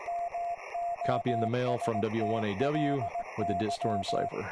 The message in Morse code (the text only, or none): MOSTLY